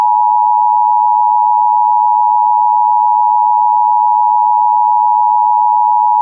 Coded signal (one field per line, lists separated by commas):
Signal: Emergency Alert System (SAME) tones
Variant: 853 and 960 Hz attention tone